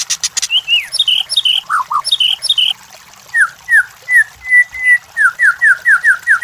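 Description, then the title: White-rumped shama song: varied whistled and slurred notes, then a run of quick repeated slurred whistles. Training (masteran) recording for white-rumped shamas. "MASTERAN MURAI BATU LABAIK"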